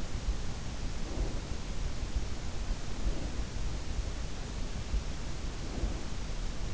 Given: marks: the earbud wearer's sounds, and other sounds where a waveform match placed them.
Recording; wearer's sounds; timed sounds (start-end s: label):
sounds in sleep by an in-ear microphone; breath
0.77-1.93 s: breath
2.71-3.94 s: breath
5.16-6.20 s: breath